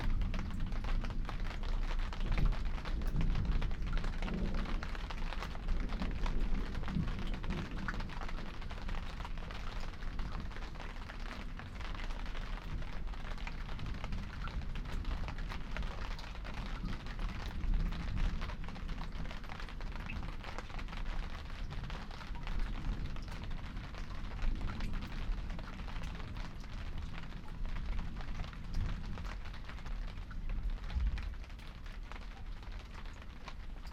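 Heavy rain pours steadily in a dense, even hiss, with a deep low rumble underneath that swells and eases, like thunder rolling through the downpour. The sound is wide and enveloping, with fine drops ticking throughout and no clear pause.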